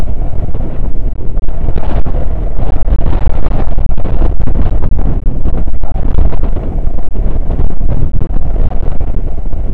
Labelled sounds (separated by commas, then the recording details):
wind
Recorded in the Prudhoe Bay oil fields, Alaska, on 9 August 2019 at 00:03
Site 29